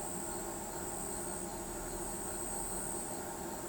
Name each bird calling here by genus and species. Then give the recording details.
none. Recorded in pastures near Pivijay, Magdalena, Colombia, on 17 April 2023 at 20:30. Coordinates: 10.456, -74.369. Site P6-G026